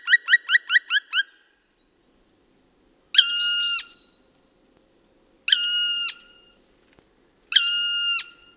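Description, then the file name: Black woodpecker: a quick burst of short notes, then three long, drawn-out plaintive calls with pauses between them. "palokarki janerikbruun"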